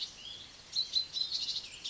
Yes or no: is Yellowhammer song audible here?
no